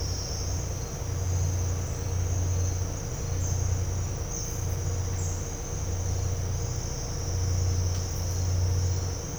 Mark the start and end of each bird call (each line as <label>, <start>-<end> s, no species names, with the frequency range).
bird call (4.5-7.4 kHz), 3.39-3.57 s
bird call (4.9-8.0 kHz), 4.29-5.43 s